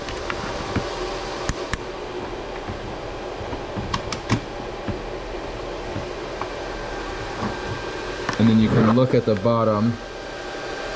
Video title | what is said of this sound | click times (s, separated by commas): How to Build a Crypto Mining Rig POV Step by Step!! | You'll hear it click. | 0.3 s, 1.5 s, 1.7 s, 3.9 s, 4.1 s, 4.3 s